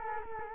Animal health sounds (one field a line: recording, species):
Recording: mosquito wingbeat signal from an infrared sensor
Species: Culex quinquefasciatus